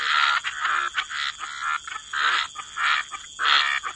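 Frog chorus with strong rasping croaks repeated in uneven bursts, quieter callers filling gaps, a constant high hiss throughout.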